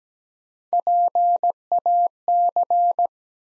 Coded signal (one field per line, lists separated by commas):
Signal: Morse code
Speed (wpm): 17 wpm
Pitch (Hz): 700 Hz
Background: none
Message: PAC